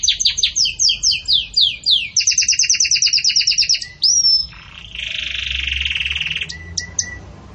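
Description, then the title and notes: Belgian canary song: repeated downslurred notes leading into a rolling trill, a whistle, then a lower buzzy churr and short clipped notes. Pure "campainha" song style of Belgian canary, with pauses, for training. "Canto Canário Belga Campainha Puro Com Pausa Para Treinamento. CANARIO BELGA"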